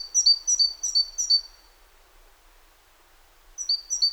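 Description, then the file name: Great tit with four bright, high double notes, a silence of about two seconds, then two more of the same. "Parus major"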